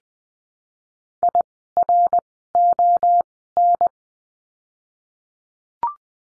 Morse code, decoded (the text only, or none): IRON